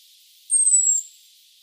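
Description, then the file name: Common blackbird giving a single thin, very high whistle that slides slightly downward over half a second, otherwise quiet. "Turdus merula"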